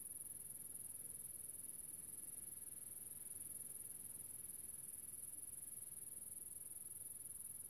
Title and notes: Nature - Grasshopper. in a small town called General Alvear. I found myself in the middle of the countryside under the summer sun and this little grasshoper appeard